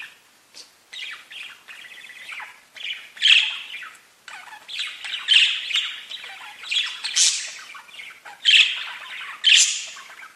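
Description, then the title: Budgerigar chattering busily, a run of rapid chirps, rasps and sharp squawks with brief gaps between bursts. "Budgie Sounds"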